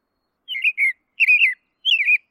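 Bird song of three brief twittering phrases, each a run of quick slurred whistles falling slightly in pitch, separated by short silences.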